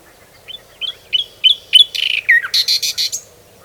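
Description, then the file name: Common nightingale song: a few short whistled notes growing louder, then a fast, harsh, buzzy trill of repeated notes ending the phrase. "Luscinia megarhynchos"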